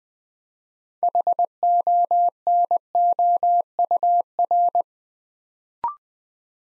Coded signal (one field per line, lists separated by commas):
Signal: Morse code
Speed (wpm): 20 wpm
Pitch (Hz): 700 Hz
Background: none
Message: HONOUR